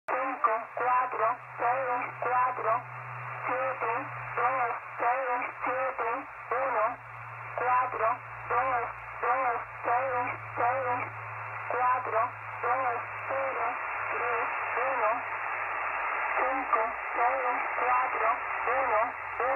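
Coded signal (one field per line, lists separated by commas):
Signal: numbers station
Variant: HM01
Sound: voice reading short, evenly spaced words over shortwave radio, like numbers being read out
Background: radio static, low hum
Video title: Numbers (Spy) Station out of Havana Cuba. HM01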